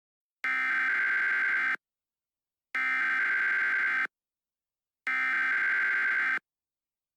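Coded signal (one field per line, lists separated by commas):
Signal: Emergency Alert System (SAME) tones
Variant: header bursts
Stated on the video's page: Fictional Shark Week EAS scenario.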